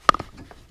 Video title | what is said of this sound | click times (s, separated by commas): 2018 Toyota Highlander AC repair | into the host you should hear a click sound | 0.1 s